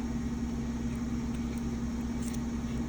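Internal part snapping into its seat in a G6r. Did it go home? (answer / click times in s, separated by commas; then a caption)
no / none. A part inside a G6r is being handled during maintenance, straightened and pushed toward its seat, with a steady low hum and rumble throughout and no distinct impacts. Nothing has seated or clicked yet; the part has not snapped into place by the end of the clip.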